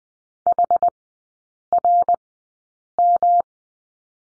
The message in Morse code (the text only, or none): HRM